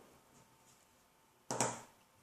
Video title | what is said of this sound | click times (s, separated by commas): IPhone 4s Screen and Back Replacement Part 6 | clicks into place | 1.5 s, 1.6 s